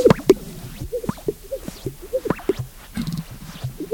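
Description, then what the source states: Sage-Grouse display sounds: soft low coos and sharp pops in irregular bursts throughout. 15 males strutting on a lek at dawn on a brisk March morning, sagebrush country; wings scraped on flanks, air expelled from twin chest sacs, soft calling; display for watching females.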